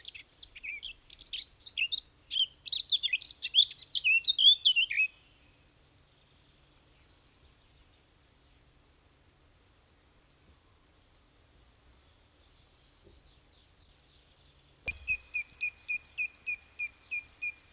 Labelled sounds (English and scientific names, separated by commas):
Eurasian Blackcap (Sylvia atricapilla) song